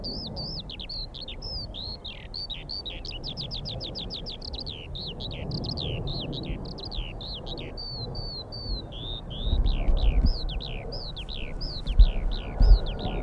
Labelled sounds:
Eurasian Skylark song
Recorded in the wild
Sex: male
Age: adult
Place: Schönow, Naturpark Barnim, Brandenburg, DE
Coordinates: 52.68, 13.5147
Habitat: open landscape
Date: 2006-04-13 15:16
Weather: overcast, ca. 10°C
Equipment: Edirol R-4, Sennheiser MKH 70, Windkorb
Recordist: Frommolt, Karl-Heinz

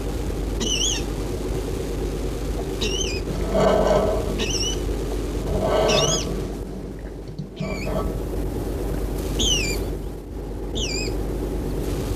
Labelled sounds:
Water Rail call
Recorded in the wild
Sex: male
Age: adult
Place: Aseleben, Eislebener Senke, Sachsen-Anhalt, DE
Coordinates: 51.4953, 11.6728
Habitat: lake
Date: 1964-04-01
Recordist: Stiefel, Arnd

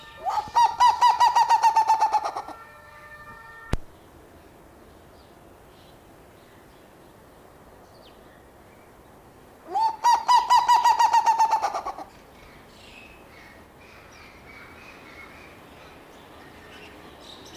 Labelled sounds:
Black-legged Seriema call
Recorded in captivity
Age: adult
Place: Zoo Berlin, Berlin, DE
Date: 1997-12-23 10:08
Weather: overcast and hazy, ca. 1-2°C
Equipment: Nagra SN, Kopie Uher 4000 Report Monitor
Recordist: Tembrock, Günter

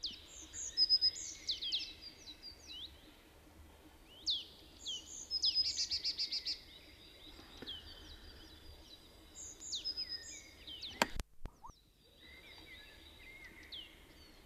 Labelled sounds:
Eurasian Blue Tit song
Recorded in the wild
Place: Pfälzerwald, Haardt, Rheinland-Pfalz, DE
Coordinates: 49.319, 8.0837
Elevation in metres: 669
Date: 1976-04-20
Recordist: Tretzel, Erwin

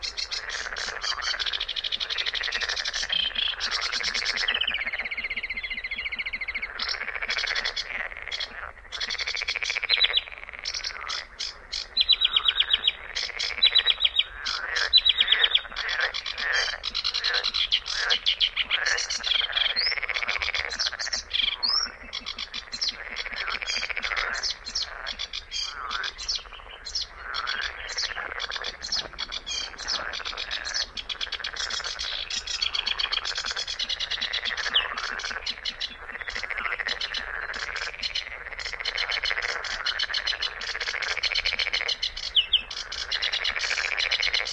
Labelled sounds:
Sedge Warbler song
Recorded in the wild
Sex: male
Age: adult
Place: Kützerhof, Kummerower See, Mecklenburg-Vorpommern, DE
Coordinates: 53.8494, 12.8597
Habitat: wetland
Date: 2009-06-16
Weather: fair, ca. 15 °C, weak westerly winds
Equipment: Sound Devices 702, Sennheiser MKH 70, Popschutz
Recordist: Frommolt, Karl-Heinz

